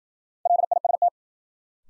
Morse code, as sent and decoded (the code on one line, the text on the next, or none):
.-.. .. ... -
LIST